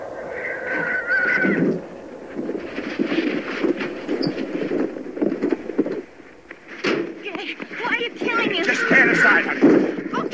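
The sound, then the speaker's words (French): A mustang horse neighs in two shrill, wavering whinnies, one at the start and another near the end, over a busy, rumbling background of movement and commotion, in a film scene where three men try to subdue and kill the mustang to sell it to the butcher. “Celle où Roselyne empêchait les trois hommes de soumettre et de tuer le cheval Mustang qu'ils vendraient ensuite à la boucherie.”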